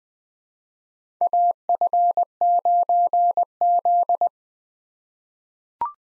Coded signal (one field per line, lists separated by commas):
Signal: Morse code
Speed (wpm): 20 wpm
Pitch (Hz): 700 Hz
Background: none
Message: AF9Z